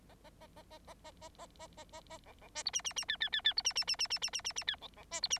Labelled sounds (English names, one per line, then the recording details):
Bengalese Finch song
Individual Bird9